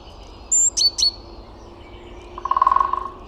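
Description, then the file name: Great tit calls: a high thin whistle followed by two sharp descending notes, then a lower rattling sound near the end, with faint background hiss. "Parus major"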